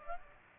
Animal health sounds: mosquito wingbeat signal from an infrared sensor; Aedes aegypti

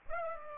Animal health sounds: mosquito wingbeat signal from an infrared sensor; Aedes aegypti

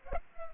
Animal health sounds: mosquito wingbeat signal from an infrared sensor; Culex pipiens

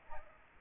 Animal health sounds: mosquito wingbeat signal from an infrared sensor; Aedes aegypti

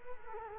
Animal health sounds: mosquito wingbeat signal from an infrared sensor; Culex quinquefasciatus

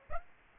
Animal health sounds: mosquito wingbeat signal from an infrared sensor; Aedes aegypti

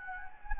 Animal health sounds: mosquito wingbeat signal from an infrared sensor; Anopheles gambiae

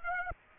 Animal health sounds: mosquito wingbeat signal from an infrared sensor; Aedes aegypti

